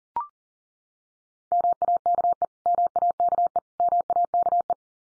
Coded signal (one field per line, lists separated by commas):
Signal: Morse code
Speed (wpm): 40 wpm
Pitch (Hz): 700 Hz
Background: none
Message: MAKE MAKE MAKE